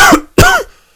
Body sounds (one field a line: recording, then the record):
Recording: coughing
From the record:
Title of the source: Coughing 51